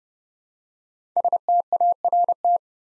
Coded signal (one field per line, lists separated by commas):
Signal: Morse code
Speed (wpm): 29 wpm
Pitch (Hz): 700 Hz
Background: none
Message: START